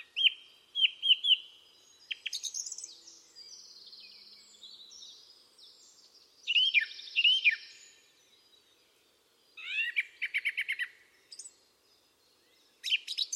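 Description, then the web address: Bird calls: several separate bursts of loud down-slurred chirps and rapid stuttering notes, with thin high whistles between them and quiet gaps. "cianscape birddata Deverinetal 2025. Bird Only"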